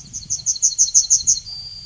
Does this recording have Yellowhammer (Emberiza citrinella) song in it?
yes